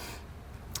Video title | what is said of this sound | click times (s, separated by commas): etrailer - Setting up the Konig Easy Fit Tire Chains on a 2020 Land Rover Velar | I heard a little clip which means we're good to go | 0.8 s